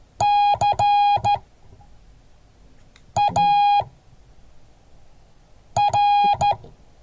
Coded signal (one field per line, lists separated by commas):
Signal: Morse code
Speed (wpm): 14 wpm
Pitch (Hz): 820 Hz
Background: none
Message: CAR